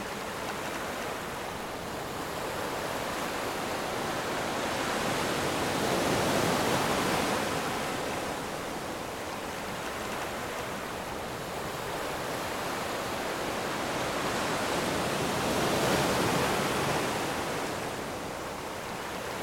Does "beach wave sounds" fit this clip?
yes